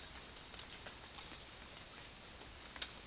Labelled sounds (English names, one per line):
none